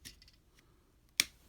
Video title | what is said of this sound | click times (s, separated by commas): ChouJuu Sentai Liveman Premium Bandai Super Mini-Pla Live Boxer Review | click into place and it'll reveal the new fist and | 1.2 s